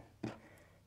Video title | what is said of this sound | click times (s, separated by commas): Sport Bands Compatible with Apple Watch Ultra 2 Band | that's just going to lock into place just like that | 0.2 s